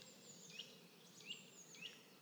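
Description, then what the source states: Eurasian nuthatch calls: three clear, upslurred whistled notes. Heard in the background in a sunlit beech forest while searching for middle spotted woodpecker.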